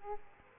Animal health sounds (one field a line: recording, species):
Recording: mosquito wingbeat signal from an infrared sensor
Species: Aedes aegypti